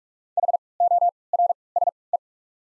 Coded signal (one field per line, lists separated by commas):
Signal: Morse code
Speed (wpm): 41 wpm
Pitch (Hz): 700 Hz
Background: none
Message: H O R S E